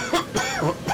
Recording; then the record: coughing mixed with background sound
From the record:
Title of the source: Dry Coughing Fit in the Afternoon.